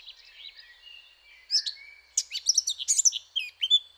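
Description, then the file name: Eurasian blackcap song: a soft, scratchy warble at the start, then a burst of louder, quick, varied chirping and fluty notes in the second half. "Sylvia atricapilla"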